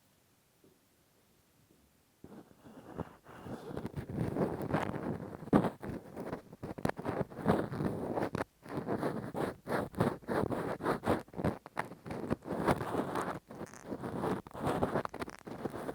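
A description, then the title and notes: Rough scraping and rubbing from deep ear cleaning with a cotton swab and ear pick begins after about two seconds of near silence. The crackling friction is dense and loud, full and muffled, broken by brief pauses and sharper scratchy bursts throughout. Intense Rough Deep Ear Cleaning w Q-tip, Ear Pick. (No Talking).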